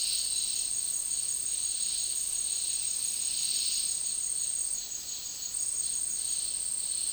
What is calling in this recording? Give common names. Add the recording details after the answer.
none. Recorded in dense forest near Puerto Asís, Putumayo, Colombia, on 18 February 2024 at 13:00. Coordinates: 0.499, -76.324. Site G6469